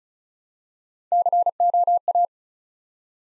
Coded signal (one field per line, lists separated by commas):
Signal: Morse code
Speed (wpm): 36 wpm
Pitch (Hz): 700 Hz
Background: none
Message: COA